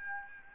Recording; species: mosquito wingbeat signal from an infrared sensor; Aedes albopictus